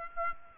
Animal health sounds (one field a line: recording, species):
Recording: mosquito wingbeat signal from an infrared sensor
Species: Aedes aegypti